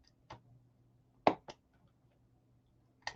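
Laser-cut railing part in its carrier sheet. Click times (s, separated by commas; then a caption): 0.3 s, 1.3 s, 3.1 s. Laser-cut model railing parts are pressed out of their carrier sheet for a Scale Model Scenery LX148-00 relay box/cabinet platform kit, giving sharp clicks at 0.3, 1.3 and 3.1 seconds as they release, with a fainter tick at 1.5 seconds over a low steady hum. The railings come free of the sheet.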